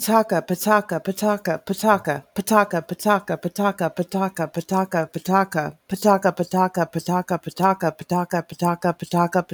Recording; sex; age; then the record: repeated syllables /pa ta ka/; female; 40 to 49 years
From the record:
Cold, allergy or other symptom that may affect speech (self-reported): no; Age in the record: 41 years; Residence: Florida, United States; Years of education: 19